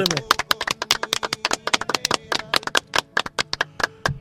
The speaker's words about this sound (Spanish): Gracias, la verdad, gracias. Un aplauso, loco. ¡Bravo!